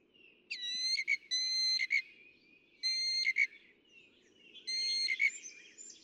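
Northern mockingbird song: a high, whistled, tonal phrase with sharp ending notes, repeated a few times with short pauses between, over a faint low background hum.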